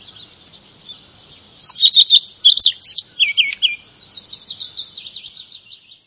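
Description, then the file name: Redstart song, a sudden loud run of sharp high chirps, then quieter rapid twittering that fades out. "roodstaart"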